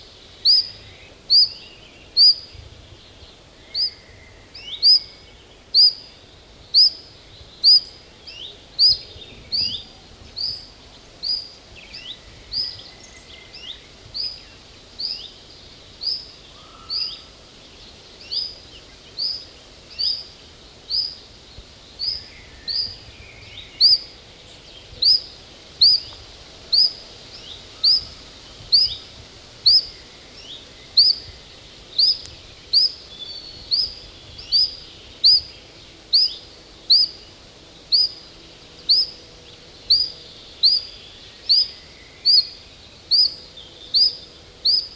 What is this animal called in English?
Common Chiffchaff